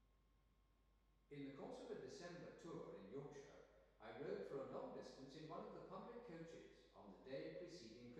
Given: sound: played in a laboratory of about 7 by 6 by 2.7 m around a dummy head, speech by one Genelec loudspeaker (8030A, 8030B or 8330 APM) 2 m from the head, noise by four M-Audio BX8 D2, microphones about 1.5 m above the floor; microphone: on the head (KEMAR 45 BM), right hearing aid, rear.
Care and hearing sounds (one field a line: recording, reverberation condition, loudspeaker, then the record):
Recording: male speech in English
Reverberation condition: high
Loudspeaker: 60 degrees to the left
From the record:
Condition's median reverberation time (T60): about 1300 ms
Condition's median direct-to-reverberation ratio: about -4.0 dB